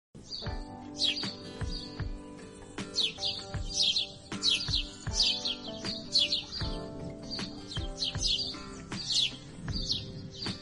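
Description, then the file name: Grey-headed sparrow chirps repeated many times, high and each dropping in pitch, with low humming and scattered clicks in the background. "canto do pardal de cabeca cinzenta"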